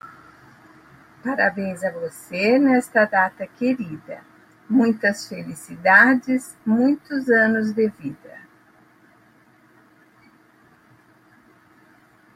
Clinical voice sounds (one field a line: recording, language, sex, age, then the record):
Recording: short text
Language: Brazilian Portuguese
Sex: female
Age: 60 to 69 years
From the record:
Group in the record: control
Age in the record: 65 years